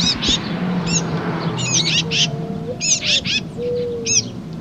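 Titmouse calls in short scattered clusters of raspy high notes over a low background hum, with soft, drawn-out low whistles in between.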